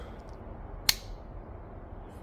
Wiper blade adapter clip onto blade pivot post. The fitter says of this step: Now the pivot opening on the B clip can be pressed onto the pivot post of the wiper blade until it clicks into place.